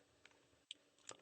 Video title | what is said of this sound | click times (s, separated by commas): (305)OnTrial.co=(305)668-7245 A Rush's Live Broadcast DrARush@GMail.com_Expert-Witness_Litigation | So I know that they're in a lock position, | 0.7 s